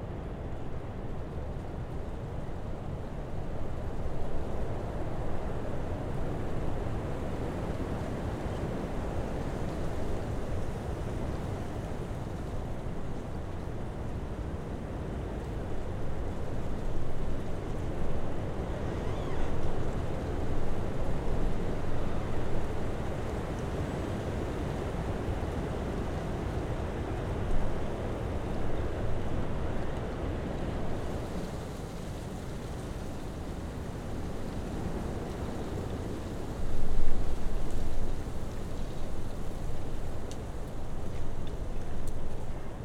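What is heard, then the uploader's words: Blustery wind roars steadily on Empire Bluff, a dense, low rumbling rush that never lets up. Gusts swell the sound now and then, around seventeen and twenty seconds, with the strongest buffeting blast arriving near thirty-seven seconds before settling back. Sounds of Northern Michigan: A Blustery Day on Empire Bluff. This recording features massive wind (welcome to Winter in northern Michigan) blowing through the woods and down the bluff to where I was standing.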